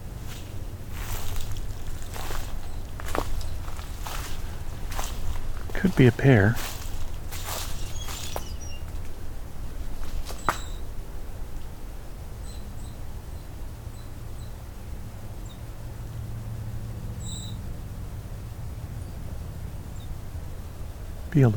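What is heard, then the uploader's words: Footsteps crunch through Beverly Swamp in the first ten seconds, then quieter low rumble with faint high chirps and peeps scattered through the remainder. This morning we'll be taking a walk through the Beverly Swamp, listening for spring arrivals, and emerged frog species.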